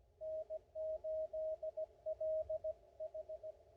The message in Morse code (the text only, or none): N8LH